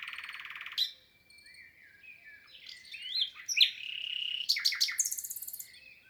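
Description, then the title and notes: Common nightingale song opening with a rapid rattle, then a low drawn whistle, rising twisting notes and sharp clicking phrases. Wild bird in song, 22 April 2020, Lesches-en-Diois, France; spring arrival season; recorded amid silence from people, Nagra Seven recorder with MKH8040 stereo microphones. "LE TÉNOR DES LISIÈRES. 22 avril 2020-Lesches en diois. chant du Rossignol Philomène (Luscinia megarhynchos)"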